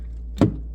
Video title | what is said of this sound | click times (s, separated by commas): How to Change a Water Filter on a Kenmore Refrigerator #diy #waterfilters #kenmore | Again, same orientation, and you will hear it snap into place, and you'll probably hear the water kind of filter into it. | 0.4 s